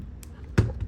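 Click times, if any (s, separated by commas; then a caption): 0.2 s, 0.6 s. Plastic shell clips on a PlayStation Portal handheld console's housing are pressed while both sides are checked, giving a sharp click at 0.2 s and a louder snap at 0.6 s, followed by a faint tap near 0.8 s. The clips snap into place and the housing is seated.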